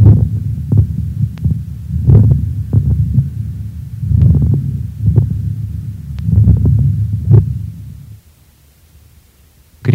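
Low, rushing breath sounds with sharp, ringing crackling pops scattered through each breath, about four breaths in eight seconds, heard over an adult chest. These are fine consonating moist crackles: bubbling sounds from the small bronchi that ring clearly rather than sounding muffled, unlike non-consonating crackles.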